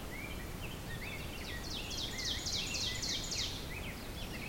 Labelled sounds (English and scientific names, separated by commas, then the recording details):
Ovenbird (Seiurus aurocapilla) song
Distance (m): 40 m
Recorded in boreal forest in Alberta, Canada, on 5 June 2016 at 07:17
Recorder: SongMeter 3, array SBT-3-51
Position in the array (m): 257 m, 126 m
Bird 28